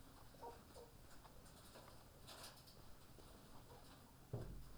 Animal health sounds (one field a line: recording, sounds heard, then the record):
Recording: poultry house recording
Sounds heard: healthy chickens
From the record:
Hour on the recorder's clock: 10